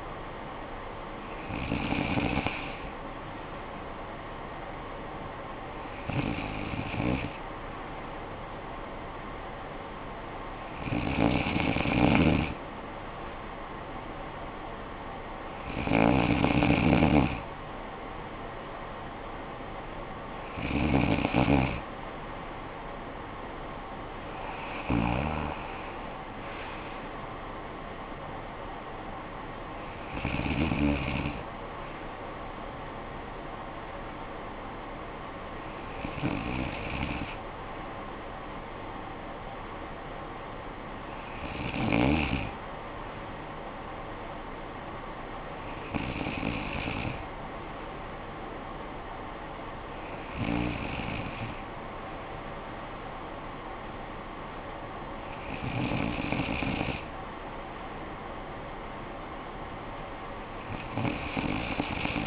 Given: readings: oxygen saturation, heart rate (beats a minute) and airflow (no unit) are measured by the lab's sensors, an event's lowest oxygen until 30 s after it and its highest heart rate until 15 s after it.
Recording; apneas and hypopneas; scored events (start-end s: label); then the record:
breathing in sleep by a voice recorder at the bedside; none
none scored
From the record:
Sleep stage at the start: N2 (light sleep); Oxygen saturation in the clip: 95%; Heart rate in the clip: 48 to 65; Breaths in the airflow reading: 12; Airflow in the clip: -12.3 to 7.4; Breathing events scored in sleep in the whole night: 445 in 7.6 hours asleep